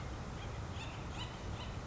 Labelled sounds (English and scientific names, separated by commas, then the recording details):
Acorn Woodpecker (Melanerpes formicivorus)
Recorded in Sonoma County, California